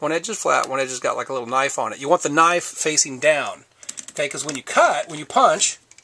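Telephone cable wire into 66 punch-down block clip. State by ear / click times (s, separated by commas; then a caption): not seated / none. Someone talks while handling a spring-loaded punch-down tool, with its flat edge and knife edge set knife-down, over a copper wire of 4-pair UTP telephone cable at a metal clip on a 66 punch-down block. The tool is meant to seat the wire and cut off the excess, clicking from the tension spring inside. Nothing has seated or clicked yet by the end of the clip.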